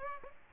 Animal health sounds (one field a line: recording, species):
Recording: mosquito wingbeat signal from an infrared sensor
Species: Aedes aegypti